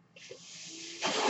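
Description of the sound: A steady, airy hiss lasts about a second and swells louder toward the end, with no voice over it. It is the rush of air from a mechanical ventilator delivering a breath, heard in a pause between sentences of speech.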